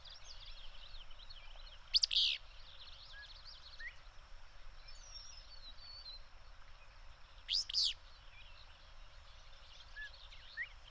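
Bird chirps: two loud, sharp double chirps about five seconds apart, with continuous faint twittering and whistles throughout.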